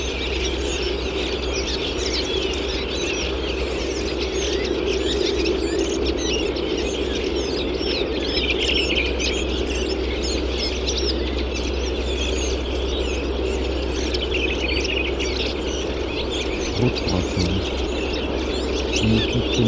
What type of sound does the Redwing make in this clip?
song